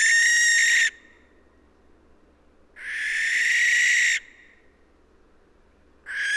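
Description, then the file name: Barn owl giving harsh, hissing screeches, one of about one and a half seconds, separated by quiet gaps of roughly two seconds. "Schleiereule - Tyto alba"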